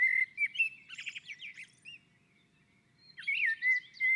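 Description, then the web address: Common blackbird singing a sustained whistled warble with rapid twittered notes, a pause, then another fluting phrase. On a roof. "Naturinspelningar Koltrast på taket"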